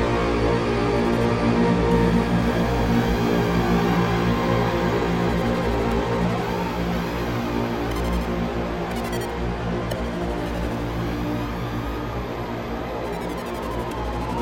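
Ambient drone music with a steady, dense bed of low bass tones held throughout. Above it, softer tones slide up and down in slow, wavering arcs, weaving in and out. The level stays even, easing slightly after the first few seconds.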